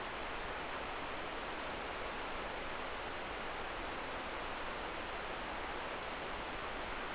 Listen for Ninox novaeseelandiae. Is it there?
no